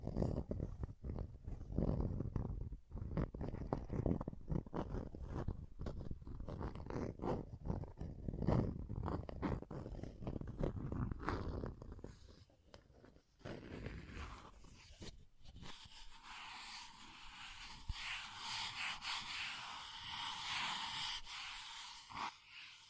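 Scratching and tracing sounds, dense and rough through the first thirteen seconds, with quick repeated strokes and low rumbling scrapes. After a short lull around thirteen seconds, the strokes turn lighter and brighter, a hissing, airy scratching that continues steadily to the end.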